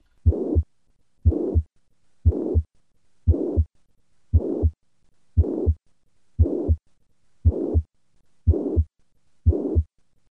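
About 59 beats a minute, regular, each beat with two low thumps joined by a continuous blowing sound filling the gap between them. The filling sound is a holosystolic murmur of mitral regurgitation, heard at the apex in an adult, from blood leaking back through the mitral valve.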